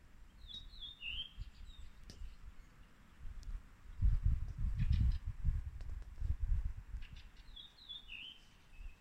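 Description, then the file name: Bird calls: short, high, downslurred chirping notes in two brief bursts near the start and end, over a low rumbling background noise. "unknown bird"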